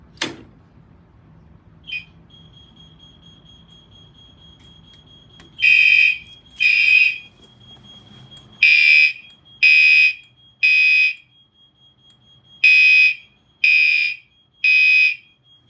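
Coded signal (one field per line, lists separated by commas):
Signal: alarm pattern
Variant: fire alarm horns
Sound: harsh horn blasts in groups of three, repeating after pauses; first group partly cut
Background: faint high whine, room rumble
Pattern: temporal three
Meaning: Temporal-3 evacuation signal: leave the building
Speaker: are in sync and doing temporal 3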